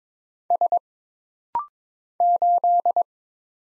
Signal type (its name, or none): Morse code